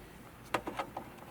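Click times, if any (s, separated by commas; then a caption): 0.5 s. A new LED footwell lamp for a 2019–2025 Volvo XC40 is pushed by hand through its opening in the plastic interior trim panel. A sharp snap at 0.6 s marks it seating in place. Softer clicks and knocks follow at about 0.7, 0.8, 1.0 and 1.3 s.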